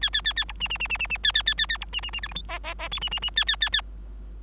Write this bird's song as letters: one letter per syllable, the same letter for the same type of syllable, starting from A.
A A A A B C C C C C C A A A A A B C C C D E F G G G H C C C A A A A